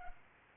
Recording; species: mosquito wingbeat signal from an infrared sensor; Culex pipiens